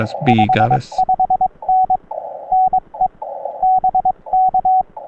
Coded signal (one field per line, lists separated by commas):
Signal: Morse code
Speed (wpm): 22 wpm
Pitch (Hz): 750 Hz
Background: speech, radio noise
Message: 55N NE BK